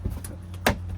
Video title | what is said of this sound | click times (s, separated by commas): Iguana People working on their aquaponics system at base camp. Will he be collecting invasive fish? | you go. And it snaps right in. | 0.7 s